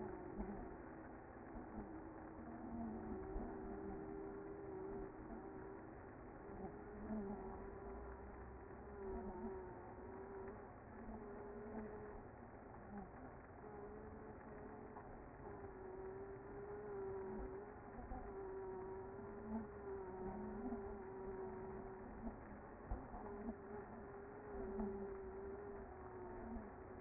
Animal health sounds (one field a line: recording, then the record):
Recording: honeybee colony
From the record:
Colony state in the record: active